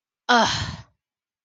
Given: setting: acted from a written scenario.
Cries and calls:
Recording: vocal sound without words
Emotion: anger

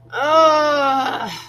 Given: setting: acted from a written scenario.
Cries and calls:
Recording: vocal sound without words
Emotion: disappointment

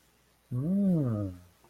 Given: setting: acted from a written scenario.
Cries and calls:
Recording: vocal sound without words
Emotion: interest

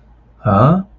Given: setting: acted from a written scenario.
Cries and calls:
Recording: vocal sound without words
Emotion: confusion

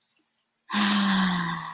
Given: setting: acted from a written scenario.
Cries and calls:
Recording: vocal sound without words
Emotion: serenity

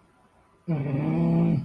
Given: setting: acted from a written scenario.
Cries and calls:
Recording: vocal sound without words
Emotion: anger

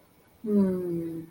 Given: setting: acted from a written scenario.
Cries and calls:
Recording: vocal sound without words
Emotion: ecstasy

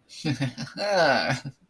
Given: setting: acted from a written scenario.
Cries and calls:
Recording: vocal sound without words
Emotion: pride

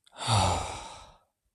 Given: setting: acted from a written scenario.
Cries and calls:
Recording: vocal sound without words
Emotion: serenity

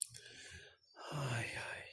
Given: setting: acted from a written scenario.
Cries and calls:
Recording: vocal sound without words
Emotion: sympathy

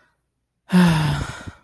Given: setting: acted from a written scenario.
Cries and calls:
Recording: vocal sound without words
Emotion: disappointment

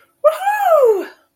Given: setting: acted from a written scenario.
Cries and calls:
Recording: vocal sound without words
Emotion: triumph

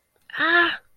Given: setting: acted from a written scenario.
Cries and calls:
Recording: vocal sound without words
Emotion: pain

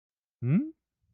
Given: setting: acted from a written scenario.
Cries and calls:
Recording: vocal sound without words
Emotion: confusion

